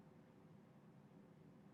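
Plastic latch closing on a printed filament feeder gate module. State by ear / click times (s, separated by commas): not seated / none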